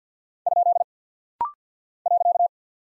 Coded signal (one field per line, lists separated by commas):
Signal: Morse code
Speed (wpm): 48 wpm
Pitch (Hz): 700 Hz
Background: none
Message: ? .